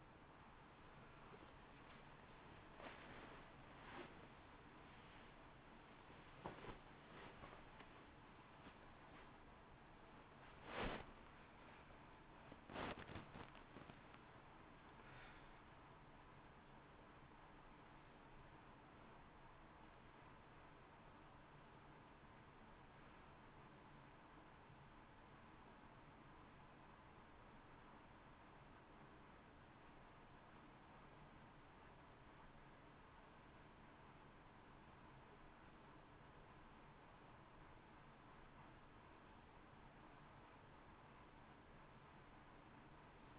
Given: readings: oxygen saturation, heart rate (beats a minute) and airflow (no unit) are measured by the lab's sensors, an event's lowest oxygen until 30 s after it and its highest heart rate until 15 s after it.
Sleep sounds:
a person awake in a sleep study, by a voice recorder at the bedside; 1
1.00-31.00 s: new sleep stage, awake
3.00-31.00 s: awake
11.00-32.30 s: hypopnea (scored as awake, oxygen 95% highest, then 89% lowest)
31.00-43.39 s: new sleep stage, N1 (lightest sleep)
From the record:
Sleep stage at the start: N1 (lightest sleep); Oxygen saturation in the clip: 82 to 95%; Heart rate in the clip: 56 to 74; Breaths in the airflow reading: 6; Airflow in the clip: -7.2 to 4.4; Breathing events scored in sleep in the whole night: 328 in 6.3 hours asleep

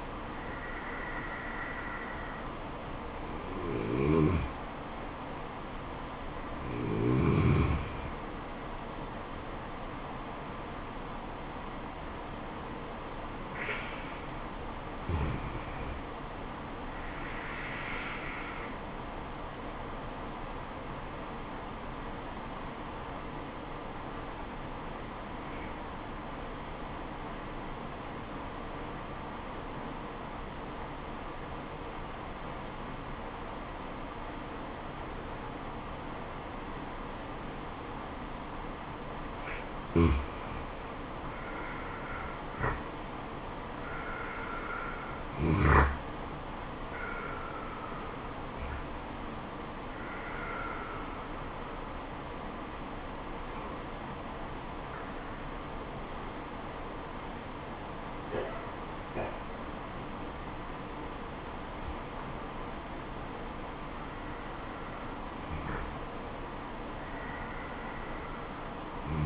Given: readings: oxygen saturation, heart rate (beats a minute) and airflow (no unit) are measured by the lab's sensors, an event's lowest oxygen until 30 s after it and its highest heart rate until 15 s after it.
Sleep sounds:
breathing in sleep by a voice recorder at the bedside; 1
11.00-69.26 s: new sleep stage, N2 (light sleep)
23.00-42.00 s: obstructive apnea (N2, oxygen 95% highest, then 87% lowest, heart rate 73 at the start, 78 highest)
From the record:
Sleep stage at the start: N1 (lightest sleep); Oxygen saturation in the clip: 87 to 96%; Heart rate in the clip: 69 to 81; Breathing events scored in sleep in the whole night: 426 in 7.4 hours asleep

